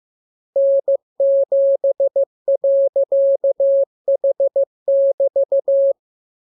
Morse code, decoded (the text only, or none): N7.H<BT>